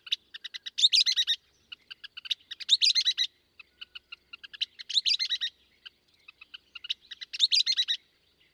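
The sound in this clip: Western kingbird sharp chattering calls: short clicks building into bursts of harsh, sputtering notes roughly every two seconds, with scattered single clicks in the gaps between.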